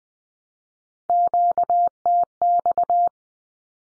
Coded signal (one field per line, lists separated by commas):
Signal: Morse code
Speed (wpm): 20 wpm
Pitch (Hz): 700 Hz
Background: none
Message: QTX